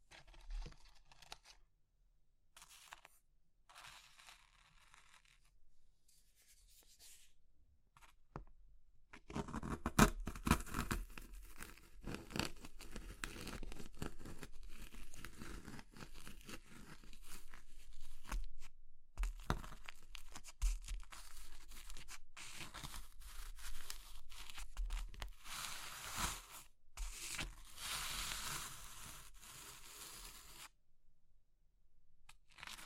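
Crushing of crumbly things like soap, chalk or meringue. The first nine seconds hold only sparse, quiet crackles; then at about ten seconds a dense, bright crunching and crumbling sets in and continues with small pauses, easing off near the end.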